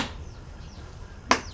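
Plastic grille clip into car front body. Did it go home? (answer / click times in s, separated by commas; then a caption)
yes / 1.3 s. A plastic front grille on a 2018 Honda Fit is slowly pushed onto the car's front body, since many retaining clips must be snapped in. After quiet low background noise, one clip snaps into place with a single sharp, bright click at 1.3 s, and the grille clip is seated.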